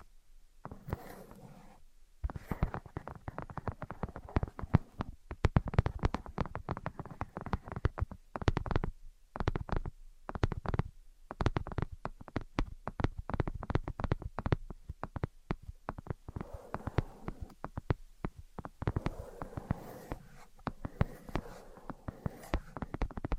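Tapping and scratching go on throughout, in dense runs of sharp, crisp clicks, fast and irregular, with brief pauses near the start and around ten seconds. Softer rubbing and scratching fill the gaps, especially toward the end, where a low muffled rustle comes in.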